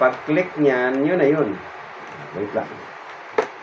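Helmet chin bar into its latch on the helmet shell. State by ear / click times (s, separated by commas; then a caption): seated / 3.4 s. A modular motorcycle helmet's chin bar is pulled, its release button pressed and the bar lifted, then moved back down to its latch on the helmet shell while someone talks. A single sharp click sounds at 3.4 s as the chin bar locks into place, confirmed as seated.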